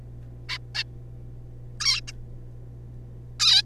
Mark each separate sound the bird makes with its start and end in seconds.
0.49-0.58, 0.75-0.83, 1.80-2.01, 2.08-2.12, 3.40-3.62